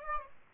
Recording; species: mosquito wingbeat signal from an infrared sensor; Aedes albopictus